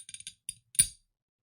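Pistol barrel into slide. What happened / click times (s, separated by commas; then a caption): The metal part snapped into its locked position / 0.5 s. During reassembly of a Taurus G2C pistol, the barrel is slid into the slide, dropped and brought back, and it snaps into its locked position. A few light metallic taps come first, then a sharp, short snap at 0.5 s as the barrel seats, followed by a louder clack with a brief ringing decay around 0.8 s.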